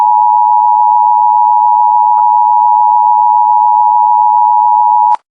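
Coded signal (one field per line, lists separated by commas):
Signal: Emergency Alert System (SAME) tones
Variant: 853 and 960 Hz attention tone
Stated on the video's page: Made-up mock EAS alert from a fictional TV station.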